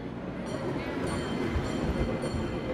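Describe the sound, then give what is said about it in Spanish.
A tram rolls steadily along its rails through the suburbs of São Paulo in 1922, a continuous low rumble with rattling texture and faint, thin metallic squeals riding above it. “Una tarde de 1922, viajando en tranvía por los suburbios de San Pablo, Jorge aguardó que el vagón atravesara un puente muy elevado para dejarse caer al vacío.”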